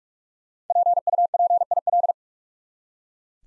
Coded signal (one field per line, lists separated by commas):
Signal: Morse code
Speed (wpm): 44 wpm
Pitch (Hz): 700 Hz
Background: none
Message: PUPIL